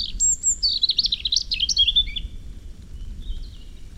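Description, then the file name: European robin song, a rapid high warbling phrase of thin whistles and trills over a low steady background rumble, then a faint high note. "Erithacus rubecula"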